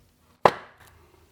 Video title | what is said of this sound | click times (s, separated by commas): Isuzu MU-X/D-MAX annoying ISSUE! -- Ringing/Singing Noise @ 80-100Km/hr from Knuckle Seal's- DIY FIX | So you can hear that pop back. | 0.5 s